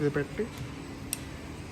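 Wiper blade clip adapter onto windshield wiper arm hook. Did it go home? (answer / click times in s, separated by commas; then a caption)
yes / 1.1 s. A frameless wiper blade's clip adapter is placed onto the hook of a windshield wiper arm and pushed upward while someone talks. A single sharp tick is heard at 1.1 s as the adapter clicks and locks onto the arm.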